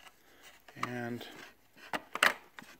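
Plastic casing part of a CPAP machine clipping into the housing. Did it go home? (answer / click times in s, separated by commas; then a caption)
yes / 2.3 s. A plastic casing part of a Philips Respironics REMstar CPAP machine is pressed by hand into the machine's housing during reassembly after cleaning. Someone talks, then a sharp, loud snap is heard at 2.3 s as the part clips in and seats.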